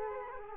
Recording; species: mosquito wingbeat signal from an infrared sensor; Culex quinquefasciatus